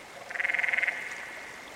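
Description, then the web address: Canyon frog call: a single short trill of rapid, evenly spaced pulses lasting just over half a second, followed by a fading echo-like tail. "Dan Gibson's Solitudes Frog Song. Canyon Frog"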